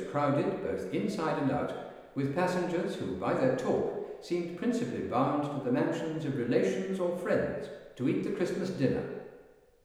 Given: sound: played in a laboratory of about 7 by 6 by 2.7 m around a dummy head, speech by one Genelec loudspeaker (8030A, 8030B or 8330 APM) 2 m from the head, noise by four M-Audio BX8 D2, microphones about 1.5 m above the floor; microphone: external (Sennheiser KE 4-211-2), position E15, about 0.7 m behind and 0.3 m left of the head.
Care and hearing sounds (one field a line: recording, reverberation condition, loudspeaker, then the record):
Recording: male speech in English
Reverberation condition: high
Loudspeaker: 120 degrees to the left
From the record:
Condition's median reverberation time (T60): about 1300 ms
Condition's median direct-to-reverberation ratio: about -4.0 dB